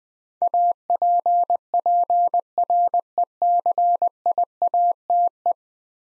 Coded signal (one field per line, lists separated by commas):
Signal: Morse code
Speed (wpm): 20 wpm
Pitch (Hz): 700 Hz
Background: none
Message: APPRECIATE